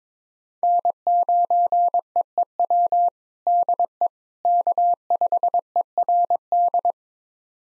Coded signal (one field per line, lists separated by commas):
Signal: Morse code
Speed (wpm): 22 wpm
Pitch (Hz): 700 Hz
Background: none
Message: N9EEW DE K5ERD